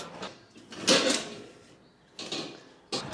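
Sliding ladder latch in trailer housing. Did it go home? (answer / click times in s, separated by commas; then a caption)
no / none. A sliding metal ladder is rolled into its housing in a trailer until it reaches the end of travel and rests on its spring, with a broad rolling, scraping rush around 0.8–1.2 s that fades, then short knocks near 2.2 s and 2.9 s. The latch has not engaged and nothing has clicked into place yet, so the ladder is not locked.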